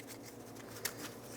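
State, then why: Not seated. During a front wheel bearing replacement on a 2003-2009 Toyota 4Runner, the plastic electrical connector on the ABS wheel speed sensor wire is handled and pushed toward its mating vehicle harness connector. Soft handling rustle over a steady low hum is broken by one short, sharp tick at about 0.9 s. The connector has not seated or clicked in yet.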